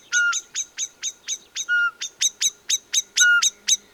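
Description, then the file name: Common blackbird calls: quick, hard chinks repeated steadily, broken now and then by a brief clear whistle, in a quiet background. "Turdus merula"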